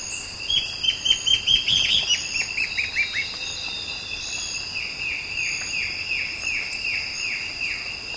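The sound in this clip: Bird chirping: a fast volley of bright notes, then a long regular run of falling, slurred notes, over a persistent insect buzz.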